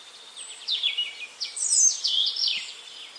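Bird twittering in quick high chirps, short downward-sliding notes in two lively bursts over a soft steady hiss.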